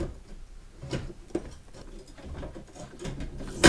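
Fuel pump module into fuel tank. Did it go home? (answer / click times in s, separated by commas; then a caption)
yes / 1.3 s. A BMW 745i V8 fuel pump module is turned to the correct orientation past the locating key at the bottom of the fuel tank, slid to the bottom and clipped into its two retaining points, after earlier failing to seat because it was turned the wrong way. Quiet handling and scraping noises lead to a sharp click at 1.4 s, followed by more rustling and a louder clatter near the end. The module is seated.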